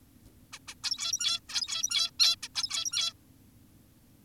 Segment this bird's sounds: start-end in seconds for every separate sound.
0.53-0.59, 0.68-0.75, 0.84-1.40, 1.49-2.11, 2.20-2.36, 2.43-2.48, 2.55-3.13